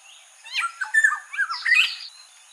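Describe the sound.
Black-hooded oriole calls: a quick jumble of harsh, squawky notes mixed with short whistled slurs, rising and falling over about one and a half seconds.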